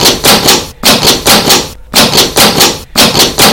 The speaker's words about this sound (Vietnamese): Hình lại chạy về trước cửa buồng sảnh, đập cửa thật mạnh.